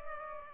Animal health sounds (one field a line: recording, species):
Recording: mosquito wingbeat signal from an infrared sensor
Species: Culex pipiens